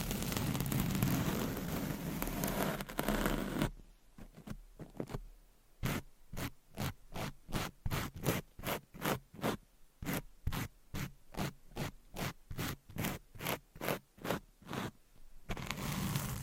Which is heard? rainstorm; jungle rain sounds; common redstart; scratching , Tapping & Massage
scratching , Tapping & Massage